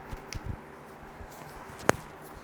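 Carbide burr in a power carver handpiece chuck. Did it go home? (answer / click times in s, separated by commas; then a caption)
released / 1.9 s. A power carver's handpiece quick-change chuck is worked to change a carbide burr. After some faint low handling thumps and a small tick near 0.3 s, the mechanism gives one sharp, bright click at 1.9 s. The chuck clicks open and releases the burr.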